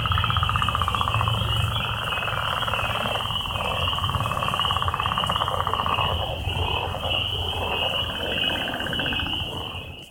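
Frogs calling in a dense chorus: pulsed trilling notes run on over a steady high-pitched whine and a low rumbling hum throughout.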